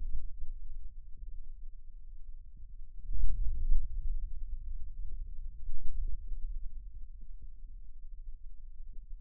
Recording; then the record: forearm muscle sounds (acoustic myography)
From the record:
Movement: radial deviation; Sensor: system 2, bracelet of six BSWA MPA416 microphones around the upper forearm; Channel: 1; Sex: male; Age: 22 years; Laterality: right